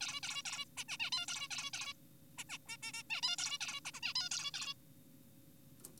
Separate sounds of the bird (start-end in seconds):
0.01-0.20, 0.23-0.43, 0.45-0.65, 0.78-0.84, 0.89-0.97, 1.00-1.10, 1.12-1.26, 1.28-1.48, 1.51-1.71, 1.74-1.94, 2.38-2.44, 2.50-2.58, 2.69-2.77, 2.83-2.92, 2.94-3.03, 3.10-3.21, 3.23-3.36, 3.38-3.58, 3.61-3.80, 3.85-3.92, 3.94-4.00, 4.03-4.13, 4.16-4.29, 4.32-4.51, 4.54-4.74